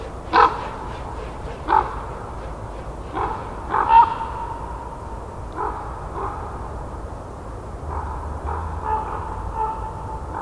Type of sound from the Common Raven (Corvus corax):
flight call